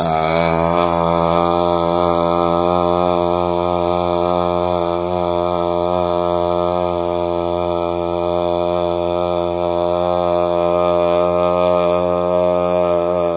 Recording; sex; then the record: sustained vowel /a/; male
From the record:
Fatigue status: no fatigue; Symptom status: symptomatic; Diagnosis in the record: COVID-19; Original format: 3gp